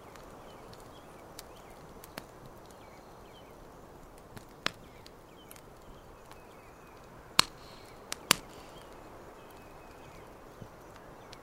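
A campfire burns by a lake, with a soft, steady hiss underneath. Scattered sharp pops and crackles break through every second or so, the loudest pair snapping out near seven and eight seconds, then smaller ticks follow.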